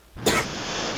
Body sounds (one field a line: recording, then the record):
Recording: coughing mixed with background sound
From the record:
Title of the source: 61 morning phlegmy cough...again